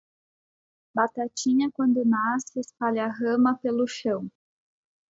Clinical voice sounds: short text; Brazilian Portuguese; female; 20 to 29 years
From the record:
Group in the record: control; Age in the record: 26 years

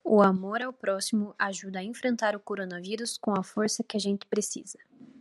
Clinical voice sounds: spoken sentence; Brazilian Portuguese; female; 20 to 29 years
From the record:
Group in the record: control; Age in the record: 20 years

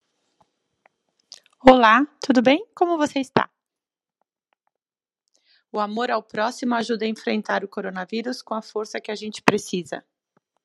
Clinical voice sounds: spoken sentence; Brazilian Portuguese; female; 50 to 59 years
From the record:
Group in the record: control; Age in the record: 53 years

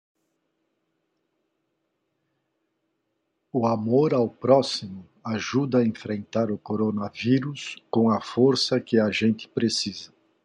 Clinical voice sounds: spoken sentence; Brazilian Portuguese; male; 60 to 69 years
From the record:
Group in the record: control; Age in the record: 67 years

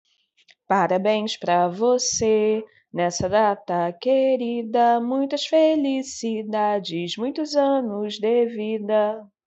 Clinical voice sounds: short text; Brazilian Portuguese; female; 30 to 39 years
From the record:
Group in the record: control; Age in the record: 32 years

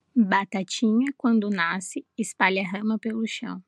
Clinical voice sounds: short text; Brazilian Portuguese; female; 20 to 29 years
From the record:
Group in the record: control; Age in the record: 20 years

